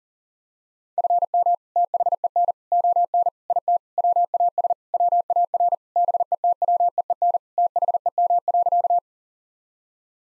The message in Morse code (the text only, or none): FM THEN ON IT WAS WAR BETWEEN THEM.